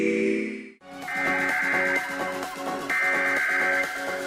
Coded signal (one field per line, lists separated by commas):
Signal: Emergency Alert System (SAME) tones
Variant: header bursts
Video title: An SVR and a TOR-C (EAS, May 14, 2020)